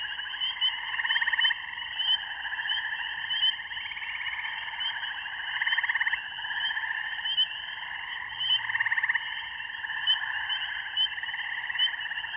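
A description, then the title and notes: A dense, unbroken chorus of spring peepers and other frogs trills in high, shrill layers, swelling slightly every couple of seconds, with faint low thumps beneath. This is the mating song of spring peepers and other frogs. The double-bass GUNG of a bullfrog can be heard near the end. In a rural beaver pond, recorded on my iPhone using Voice Record Pro. Recorded by Maria Margaronis.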